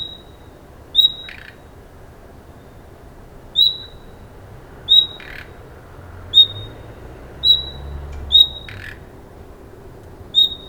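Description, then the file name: Common nightingale repeating a sharp whistled note about seven times, a few followed by brief dry ticks. "Luscinia megarhynchos"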